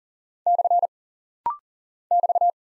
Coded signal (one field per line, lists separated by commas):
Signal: Morse code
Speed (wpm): 39 wpm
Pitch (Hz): 700 Hz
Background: none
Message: / <BT>